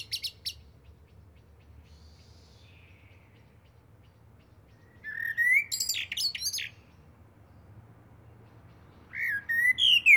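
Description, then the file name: Eurasian blackbird song: brief high notes, a pause, then a fluty phrase with squeaky flourishes and another rising whistled phrase at the end. "Turdus merula"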